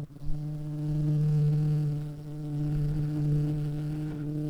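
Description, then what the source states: Red-shanked carder bee buzzing, a steady low droning hum with rich overtones that holds throughout, swelling slightly and briefly dipping near the two-second mark. Queen.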